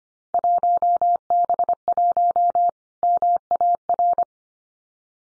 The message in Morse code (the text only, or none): 1B1 MAR